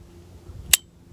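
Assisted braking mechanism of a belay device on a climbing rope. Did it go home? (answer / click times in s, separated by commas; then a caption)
released / 0.7 s. Pulling down on a climbing rope resets the metal assisted-braking mechanism of a Wild Country Revo belay device held on the rope. After a faint low rustle, a single sharp, bright metallic click sounds at 0.7 s. The assist brake releases and clicks back into its normal position.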